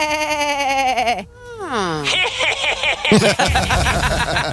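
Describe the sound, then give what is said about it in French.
A goat bleats in a few loud, nasal cries, the first long and quavering, the next sliding downward in pitch, followed by shorter, rougher bleats. “Et pour finir, si vous aimez les joueurs de foot et les chèvres, découvrez Paul Pogba.”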